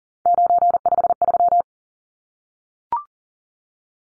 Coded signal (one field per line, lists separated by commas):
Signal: Morse code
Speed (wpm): 40 wpm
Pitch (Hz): 700 Hz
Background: none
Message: 953